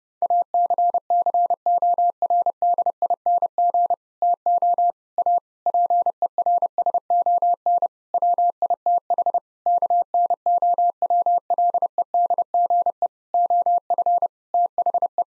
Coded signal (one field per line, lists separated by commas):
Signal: Morse code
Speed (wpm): 30 wpm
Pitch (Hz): 700 Hz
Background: none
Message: ACCORDING TO A PERSON WITH KNOWLEDGE OF THE